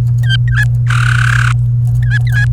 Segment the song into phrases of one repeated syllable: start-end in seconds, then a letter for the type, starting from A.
0.23-0.64 A, 0.86-1.51 B, 2.03-2.45 A